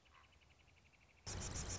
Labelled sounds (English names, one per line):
Common Raven